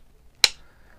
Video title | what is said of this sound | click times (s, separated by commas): BOBERG XR9S / BOND ARMS BULLPUP 9 IWB KYDEX HOLSTER | got that nice positive snap against the holster | 0.4 s